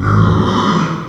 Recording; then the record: squeal of a Yucatan mini pig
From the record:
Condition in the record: after surgery on the right vocal fold (resection and tissue-engineered implant); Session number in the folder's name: 15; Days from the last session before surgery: 175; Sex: female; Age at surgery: 19 weeks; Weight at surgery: 25 kg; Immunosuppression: prednisolone